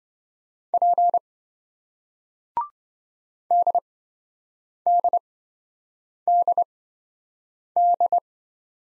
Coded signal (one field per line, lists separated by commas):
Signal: Morse code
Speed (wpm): 27 wpm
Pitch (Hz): 700 Hz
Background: none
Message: P DDDD